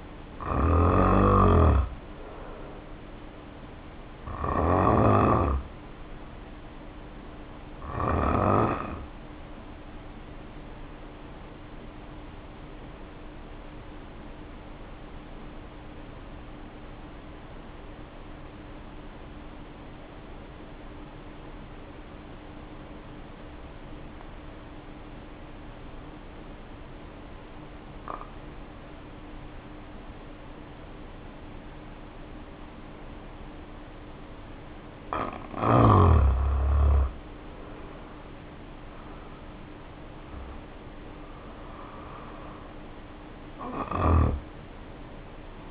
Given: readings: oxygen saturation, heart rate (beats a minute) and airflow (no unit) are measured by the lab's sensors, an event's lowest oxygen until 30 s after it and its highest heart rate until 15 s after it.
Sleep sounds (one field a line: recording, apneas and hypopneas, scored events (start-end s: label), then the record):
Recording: breathing in sleep by a voice recorder at the bedside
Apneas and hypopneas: 1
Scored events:
3.00-39.50 s: hypopnea (N1, oxygen 95% highest, then 78% lowest, heart rate 61 at the start, 65 highest)
From the record:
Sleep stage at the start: N1 (lightest sleep)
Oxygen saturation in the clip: 79 to 95%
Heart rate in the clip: 49 to 65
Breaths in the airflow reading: 15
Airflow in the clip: -1.9 to 2.4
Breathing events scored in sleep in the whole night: 520 in 7.2 hours asleep